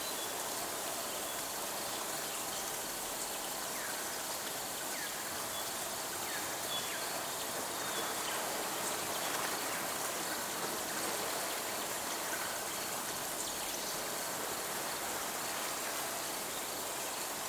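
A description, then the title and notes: A steady, dense wash of rain and stream fills the clip, bright and hissy throughout, with faint chirps flickering through the middle seconds. A Week in New Hampshire - Sounds of Nature. Just the nature sounds. Rain, stream, birds and crickets.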